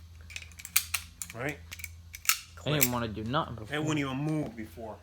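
A restored, sandblasted right door latch from a 1966 El Camino is worked by hand on a bench: the door striker is pushed into the latch and the door handle is operated, producing a series of sharp metallic clicks and clacks. The latch snaps closed on the striker with a clean, crisp click at 0.8 s, now working where it would not move before. Someone then talks.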